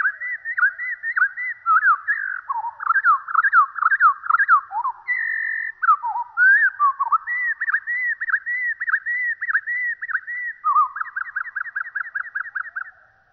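Bird song of clear, slurred whistles rising and falling in quick succession, with short fast runs of repeated whistled notes.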